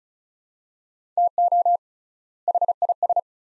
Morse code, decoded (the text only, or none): TO HIS